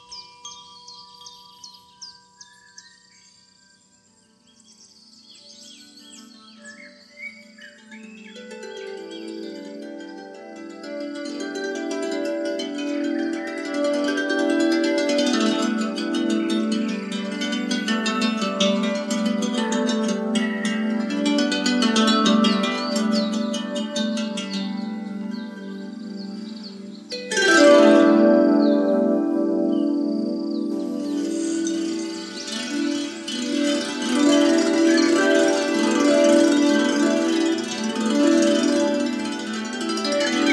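Sparse chime tones open, then layered ringing bowls and instruments swell steadily, with a sudden brighter, louder surge near 27 seconds.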